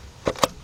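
On a 1991 Toyota Corolla 1.6 with a severe oil leak and a belt that came off, the metal harmonic balancer (crank pulley) is pushed onto the crankshaft nose and turned until its keyway finds the key. A first broadband knock comes at about 0.3 s, then a sharp metallic snap at 0.4 s as the balancer seats onto the crankshaft key.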